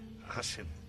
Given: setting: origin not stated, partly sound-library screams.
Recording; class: one-second piece from a danger detection set; normal situation